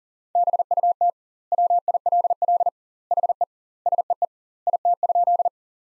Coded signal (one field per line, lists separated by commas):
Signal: Morse code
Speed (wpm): 40 wpm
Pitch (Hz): 700 Hz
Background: none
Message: BUT WILL HE SEE IT?